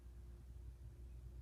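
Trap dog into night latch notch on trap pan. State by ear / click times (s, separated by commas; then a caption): not seated / none. A steel foothold trap is handled as its pan is brought down toward the night latch, the small second filed notch on the pan that the trap dog engages. Only a low, steady rumble with broadband hiss is heard, and no words are spoken. Nothing has seated or clicked yet: the dog has not engaged the night latch notch.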